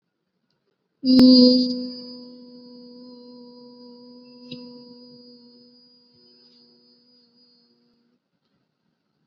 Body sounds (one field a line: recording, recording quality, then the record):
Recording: sustained vowel as in boot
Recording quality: moderate, slight background noise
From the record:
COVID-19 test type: RT-PCR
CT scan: not taken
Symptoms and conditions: none ticked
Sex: female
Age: 21 years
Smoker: no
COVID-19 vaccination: both doses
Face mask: worn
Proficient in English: yes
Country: India